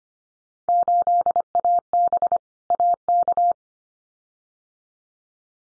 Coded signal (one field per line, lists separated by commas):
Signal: Morse code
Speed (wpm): 25 wpm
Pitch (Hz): 700 Hz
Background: none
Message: 8AB AK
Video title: Field Day Exchange Encore 25wpm